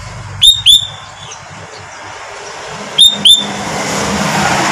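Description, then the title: Sooty-headed bulbul giving two pairs of sharp, whistled notes about two and a half seconds apart, with faint traffic hum behind. "Kutilang"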